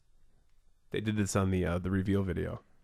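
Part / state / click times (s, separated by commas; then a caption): detachable controller into side rail of handheld game console / not seated / none. Detachable plastic controllers are being handled beside the side rails of a handheld game console while a man talks from about 0.9 to 2.6 seconds. Faint low background noise comes before and after his voice. Nothing has seated or clicked onto the console yet.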